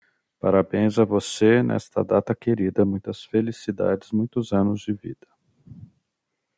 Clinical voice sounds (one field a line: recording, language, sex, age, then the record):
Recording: short text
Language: Brazilian Portuguese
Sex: male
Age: 40 to 49 years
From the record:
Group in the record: control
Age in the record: 46 years